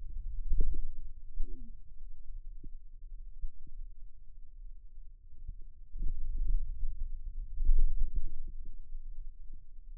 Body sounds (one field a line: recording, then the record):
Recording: forearm muscle sounds (acoustic myography)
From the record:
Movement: wrist extension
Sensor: system 2, bracelet of six BSWA MPA416 microphones around the upper forearm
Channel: 4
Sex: male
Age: 22 years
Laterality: right